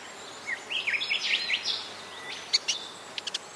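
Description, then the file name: Robin song: a run of warbled, slurred whistles rising and falling, followed by a few sharp clicking notes near the end. Medley of robin sounds. "BIRD rcrobin medley"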